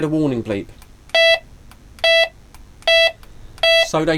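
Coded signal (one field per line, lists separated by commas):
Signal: none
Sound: radio warning bleeps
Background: speech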